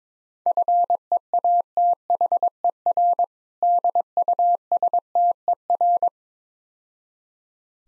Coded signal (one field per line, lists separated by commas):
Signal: Morse code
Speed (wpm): 22 wpm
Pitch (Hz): 700 Hz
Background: none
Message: FEATHER DUSTER